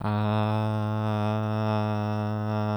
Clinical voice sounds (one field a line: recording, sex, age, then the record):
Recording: sustained vowel /a/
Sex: male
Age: 20 to 29 years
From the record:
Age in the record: 25 years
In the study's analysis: included